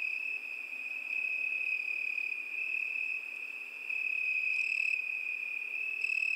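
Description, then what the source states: Crickets sing a continuous shrill trill with slight rises and falls in loudness. Crickets at night.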